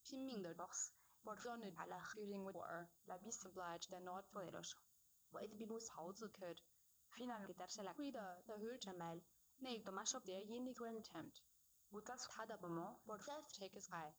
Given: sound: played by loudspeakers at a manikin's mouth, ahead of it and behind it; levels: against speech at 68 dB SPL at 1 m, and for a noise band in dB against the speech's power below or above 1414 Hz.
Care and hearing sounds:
test signals for a remote microphone
0.00-14.19 s: speech test signal (ISTS)
From the record:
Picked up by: remote receiver E, fed by microphone B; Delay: 43 ms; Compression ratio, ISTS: 2.13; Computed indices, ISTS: SII 0.995, HASPI 0.992, HASQI 0.396 (non-linear 0.450, linear 0.880), ESTOI 0.808

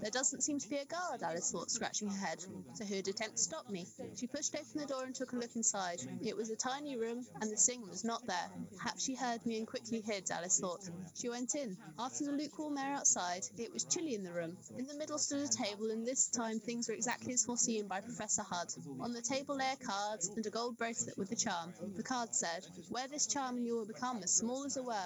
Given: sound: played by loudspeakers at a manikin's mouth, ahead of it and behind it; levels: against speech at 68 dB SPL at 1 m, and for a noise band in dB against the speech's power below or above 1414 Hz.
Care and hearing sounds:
test signals for a remote microphone
0.00-25.06 s: woman speaking, babble ahead at +6 dB SNR for speech at 1 m
From the record:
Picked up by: remote microphone A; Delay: 47 ms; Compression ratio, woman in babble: 7.77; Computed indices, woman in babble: HASPI 0.969, HASQI 0.340 (non-linear 0.394, linear 0.863), ESTOI 0.759

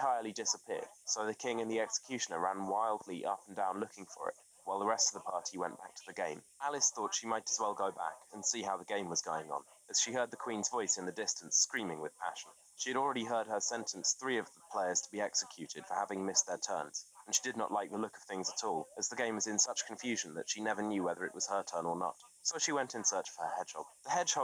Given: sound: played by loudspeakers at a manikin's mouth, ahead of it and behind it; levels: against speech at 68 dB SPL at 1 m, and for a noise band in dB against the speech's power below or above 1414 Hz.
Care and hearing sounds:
test signals for a remote microphone
0.00-24.44 s: man speaking, babble ahead at +6 dB SNR for speech at 1 m
From the record:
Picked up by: remote microphone B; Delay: 24 ms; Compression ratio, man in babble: 1.70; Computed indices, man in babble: HASPI 0.999, HASQI 0.276 (non-linear 0.326, linear 0.847), ESTOI 0.728

